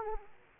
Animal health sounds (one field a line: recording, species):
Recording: mosquito wingbeat signal from an infrared sensor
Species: Aedes aegypti